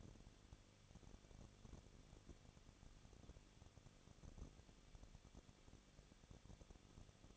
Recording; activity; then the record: daily activity, microphone in the room; no activity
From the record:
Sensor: 4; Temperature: 23.1 degrees Celsius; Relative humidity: 34.0%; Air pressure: 1007.2 hPa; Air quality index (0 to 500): 216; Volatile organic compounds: 15 ppm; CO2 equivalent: 2500 ppm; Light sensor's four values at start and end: 2/3/1/1 and 2/3/1/1